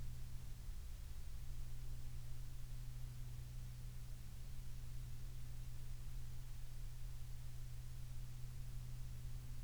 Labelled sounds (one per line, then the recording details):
aircraft
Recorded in the Prudhoe Bay oil fields, Alaska, on 12 August 2019 at 16:56
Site 11